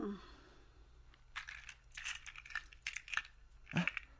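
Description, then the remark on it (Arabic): Metal keys jingle and clink in a series of bright, irregular bursts as a key cabinet is opened and the basement keys are taken out, with a short scrape and a soft thud near the end. No one speaks. “افتحي خزانة المفاتيح وهاتي مفاتيح البدروم.”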